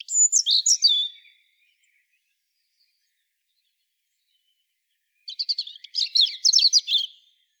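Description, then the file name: European robin giving high, liquid whistles and rapid twittering notes in two bursts, with a quiet gap of several seconds between them. "Erithacus rubecula"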